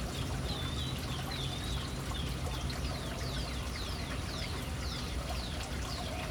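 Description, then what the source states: Bird calls: quick, sharp, downward-sweeping high chirps in a rapid series over a steady wash of falling water. Urban city birds hanging around a fountain.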